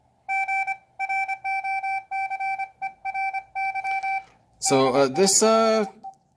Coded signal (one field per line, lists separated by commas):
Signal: Morse code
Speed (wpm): 25 wpm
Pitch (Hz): 780 Hz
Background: speech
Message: GROCERY DILE